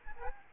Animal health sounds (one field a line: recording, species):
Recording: mosquito wingbeat signal from an infrared sensor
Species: Aedes albopictus